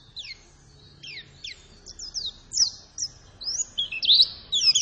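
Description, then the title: White-eye song: thin, high downslurred whistles, well spaced at first, speeding into busier, louder twittering toward the end over faint background hiss. Persistent 'gacor' lure song meant to make any white-eye respond and answer. "Pleci Gacor. Apapun plecinya AKAN LANGSUNG MERESPON dan NYAUT dengan pancingan pleci ngotot ini"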